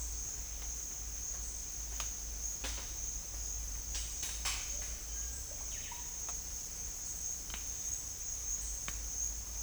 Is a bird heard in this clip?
yes